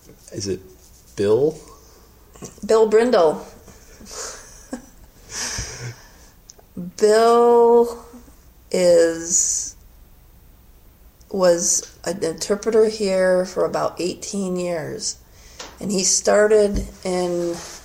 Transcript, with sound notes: Is it Bill?
Bill Brindle! [laughter] Bill was an interpreter here for about 18 years, and he started in